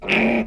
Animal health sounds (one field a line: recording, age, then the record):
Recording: pig call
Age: piglet (1 to 25 days)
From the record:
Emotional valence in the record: negative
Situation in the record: crushing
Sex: female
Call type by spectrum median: low-frequency call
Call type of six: low-frequency modulated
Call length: 0.47 s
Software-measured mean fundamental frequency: 67 Hz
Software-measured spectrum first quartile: 345 Hz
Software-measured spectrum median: 1035 Hz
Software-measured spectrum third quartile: 2410 Hz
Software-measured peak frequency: 222 Hz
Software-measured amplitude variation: 100 dB a second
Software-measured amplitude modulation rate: 18.0 a second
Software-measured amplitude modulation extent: 5.5 dB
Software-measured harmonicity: 3.3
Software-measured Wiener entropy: -2.04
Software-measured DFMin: 1611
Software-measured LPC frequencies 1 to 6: 541, 2400, 5207, 7463, 8610, 9115 Hz